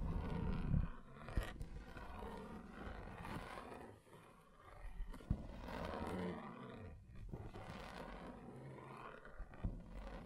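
Rough, grinding scratches drag across a table surface almost without pause, dense and gritty with a low growling undertone. Sharp knocks cut in around 1.5, 5 and 7 seconds, and the scraping eases briefly near 4 seconds before picking up again.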